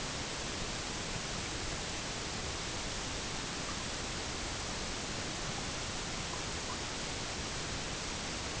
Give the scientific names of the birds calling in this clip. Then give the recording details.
none. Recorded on Arctic tundra, site EABA-MC, on 22 June 2019. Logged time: 16:00